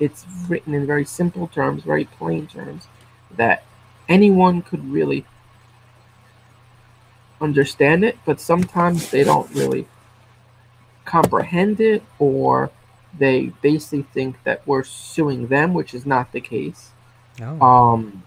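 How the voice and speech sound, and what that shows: An adult man who has stuttered as long as he can remember talks in quick fluent bursts broken by long silent stops mid-phrase, including a two-second gap before "understand" and another before "comprehend," with drawn-out sounds and an "um." These are stuttering blocks and prolongations interrupting otherwise fluent speech.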